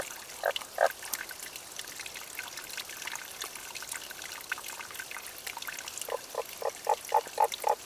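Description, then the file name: Tago's brown frog with a couple of early croaks and a quick series of short notes near the end, over running water. Recorded 30 May 2009 at 23:50. "tagogaeru-20090530-2350"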